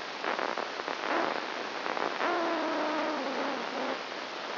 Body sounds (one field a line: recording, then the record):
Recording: brain microelectrode recording played as sound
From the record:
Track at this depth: inside the subthalamic nucleus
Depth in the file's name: 0.956 mm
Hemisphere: left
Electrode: 1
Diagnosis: Parkinson's disease